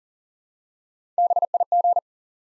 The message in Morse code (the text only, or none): BIG